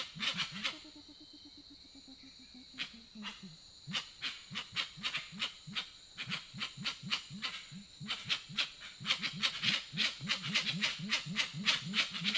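Grey-winged trumpeter calls: a run of deep, rounded hoots, repeated several times a second, pausing briefly then resuming over loud crackling high bursts and buzzing insects.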